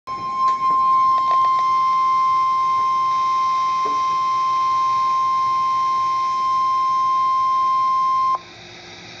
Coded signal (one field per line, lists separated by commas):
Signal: Emergency Alert System (SAME) tones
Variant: 1050 Hz attention tone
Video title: Severe Thunderstorm Warning (EAS #521)